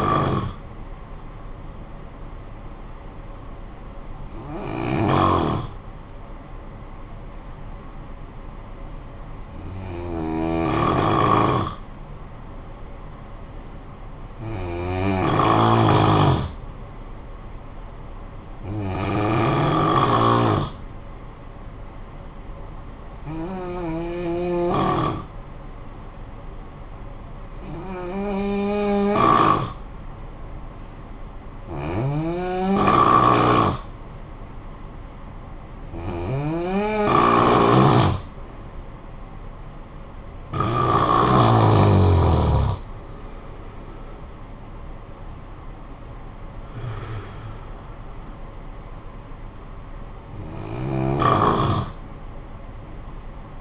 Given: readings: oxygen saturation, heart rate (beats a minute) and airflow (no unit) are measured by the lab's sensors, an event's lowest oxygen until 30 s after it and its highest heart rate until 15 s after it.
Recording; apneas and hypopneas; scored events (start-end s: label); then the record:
breathing in sleep by a smartphone at the bedside; 1
3.00-20.60 s: hypopnea (N1, oxygen 96% highest, then 89% lowest, heart rate 64 at the start, 64 highest)
From the record:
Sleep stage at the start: N1 (lightest sleep); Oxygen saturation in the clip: 89 to 96%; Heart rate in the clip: 49 to 73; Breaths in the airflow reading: 13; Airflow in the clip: -8.9 to 10.4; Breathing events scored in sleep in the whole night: 445 in 7.6 hours asleep